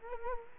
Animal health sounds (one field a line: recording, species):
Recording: mosquito wingbeat signal from an infrared sensor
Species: Culex quinquefasciatus